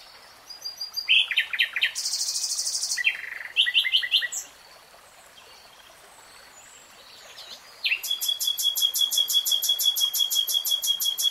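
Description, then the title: Nightingale song of varied phrases: sharp notes, a fast buzzing trill, a pause, then a long, steady, very rapid trill running to the end. Singing, in a 3-hour real-time recording. "[Tiếng chim hót] REALTIME Nightingale Singing"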